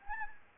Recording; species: mosquito wingbeat signal from an infrared sensor; Anopheles gambiae